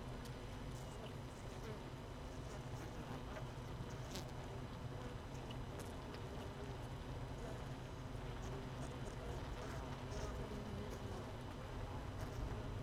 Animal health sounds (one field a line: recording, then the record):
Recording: honeybee colony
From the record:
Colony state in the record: missing queen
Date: 31 May 2018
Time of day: 17:38